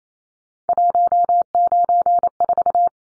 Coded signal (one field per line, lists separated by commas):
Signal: Morse code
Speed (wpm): 28 wpm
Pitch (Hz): 700 Hz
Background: none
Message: 194